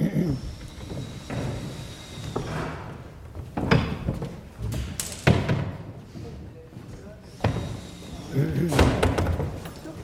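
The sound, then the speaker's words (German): People settle onto removable chairs standing on wooden platforms in a theatre: a handful of irregular wooden knocks, thuds and short scrapes, a few fairly loud, with quiet murmuring voices underneath. “Setzen wir uns hier jetzt mal so hin, Moment, dicht beieinander wieder.”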